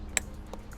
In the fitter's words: clicks this one will then go on the side for the side marker